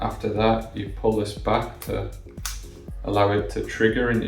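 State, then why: Seated. Someone talks over background music while pulling back the cocking slider of a spring-loaded finger-prick lancing device. A sharp click sounds at 2.5 s as the slider latches, leaving the device cocked and ready to fire.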